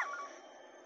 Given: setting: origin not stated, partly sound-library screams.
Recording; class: one-second piece from a danger detection set; woman in danger